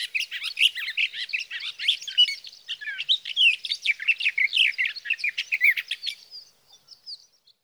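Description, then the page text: Sage thrasher delivering a dense, rambling song of buzzy trills and sweet warbled notes for about six seconds before it fades away. Male singing through the night near his night roost, evening June 12 to morning June 15, 2018, Sierra Valley, California; Swift recorder; night songs. "Birdsong for the Curious Naturalist: Explore #7. 61. Sage thrasher songs, through the night"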